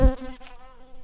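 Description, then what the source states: Shrill carder bee buzz, a steady droning hum with a harsh low thump at the start, lasting about a second. Workers.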